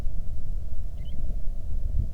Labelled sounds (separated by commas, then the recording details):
bird
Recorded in the Arctic National Wildlife Refuge, Alaska, on 3 August 2019 at 10:12
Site 46